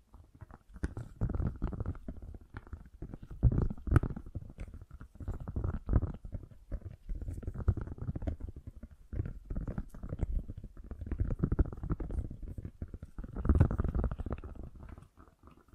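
Fast, gentle tapping runs through nearly the whole clip as a dense patter of soft, low, muffled hits with little sharp edge. Brief pauses fall near 6 and 9 seconds, and the tapping swells somewhat louder around 4 and 13–14 seconds.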